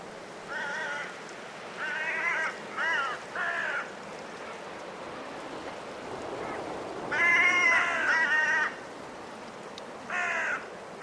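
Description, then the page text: Carrion crows trade hoarse, nasal caws in short clusters against a background of blustery wind. Five carrion crows in trees before roosting, during a blustery force 6 wind, in winter at Woodchester Park, Gloucestershire. "A group of five Carrion Crows in the trees, before roosting, during a blustery force 6 wind. Recorded in winter at Woodchester Park, Gloucestershire by Richard Margoschis. British Library"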